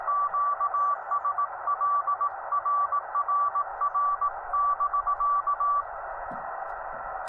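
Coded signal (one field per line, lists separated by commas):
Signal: Morse code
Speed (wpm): 18 wpm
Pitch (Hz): 1150 Hz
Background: radio noise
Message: QSL RRR <BK>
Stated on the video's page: Parks on the Air CW activation, Yaesu FT-891 at 25 watts, straight key, 17-foot Chameleon whip on a mag-mount; unedited raw recording.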